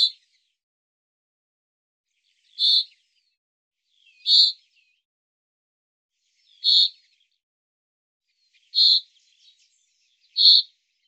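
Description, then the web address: Bird making short, sharp chirps repeated about every two seconds, six in all, with silence between them. "Deverinetal 2025 File cleaned normalized Bird Fr Co"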